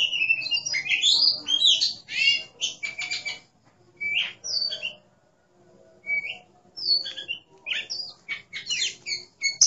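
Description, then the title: Oriental magpie-robin song of rich rising and falling whistles mixed with rasping notes, delivered in bursts with a long pause in the middle. "Kacer5"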